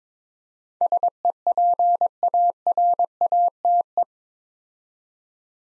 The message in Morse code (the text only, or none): SEPARATE